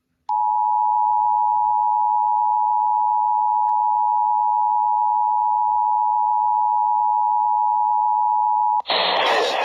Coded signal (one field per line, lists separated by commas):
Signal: Emergency Alert System (SAME) tones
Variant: 853 and 960 Hz attention tone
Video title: [EAS #1838-#1844] Day 1 of Required Monthly Test Week